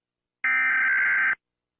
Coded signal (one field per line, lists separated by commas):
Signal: Emergency Alert System (SAME) tones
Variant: header bursts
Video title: Valor City EAS 12/23